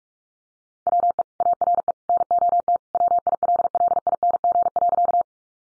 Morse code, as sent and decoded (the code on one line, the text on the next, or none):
.-- . / .- .-. . / -. --- - / .-- .. .-.. .-.. .. -. --. .-.-.-
WE ARE NOT WILLING.